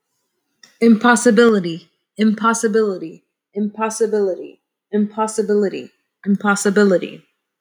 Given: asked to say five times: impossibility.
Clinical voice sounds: repeated word; female; 30 to 39 years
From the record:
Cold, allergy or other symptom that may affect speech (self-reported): no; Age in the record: 30 years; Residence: Virginia, United States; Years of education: 16

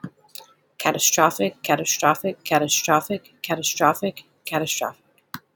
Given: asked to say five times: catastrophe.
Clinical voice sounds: repeated word; female; 30 to 39 years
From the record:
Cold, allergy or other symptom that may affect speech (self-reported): no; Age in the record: 34 years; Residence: Virginia, United States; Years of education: 14

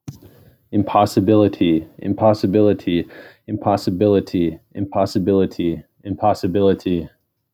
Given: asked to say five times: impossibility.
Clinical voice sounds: repeated word; male; 20 to 29 years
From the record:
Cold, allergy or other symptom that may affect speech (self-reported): no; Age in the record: 23 years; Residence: Minnesota, United States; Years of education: 16

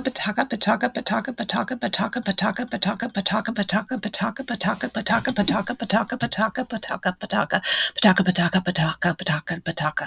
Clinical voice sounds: repeated syllables /pa ta ka/; female; 60 to 69 years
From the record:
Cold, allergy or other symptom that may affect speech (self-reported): no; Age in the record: 63 years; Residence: Indiana, United States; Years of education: 16

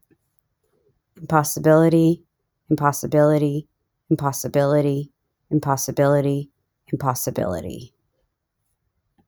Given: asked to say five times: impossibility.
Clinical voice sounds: repeated word; female; 30 to 39 years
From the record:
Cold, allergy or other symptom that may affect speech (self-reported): no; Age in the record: 39 years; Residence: Texas, United States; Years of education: 16

